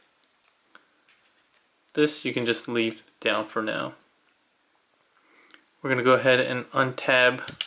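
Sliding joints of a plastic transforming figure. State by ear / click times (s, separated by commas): seated / 0.8 s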